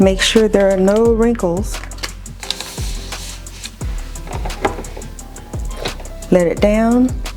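A bag's ends are placed in the guides of a countertop vacuum sealer, then its lid is lowered and pressed down toward the base so the plastic latch can catch. Someone talks over background music, with short handling taps and knocks. Nothing has latched or clicked yet.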